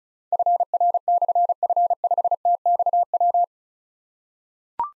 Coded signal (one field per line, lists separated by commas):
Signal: Morse code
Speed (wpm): 36 wpm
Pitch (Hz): 700 Hz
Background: none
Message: FR/F5TXW